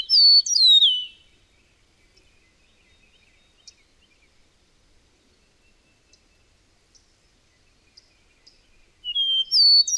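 Bird song: a loud, quick whistled flourish at the start, near silence for several seconds, then the same bright phrase again at the end.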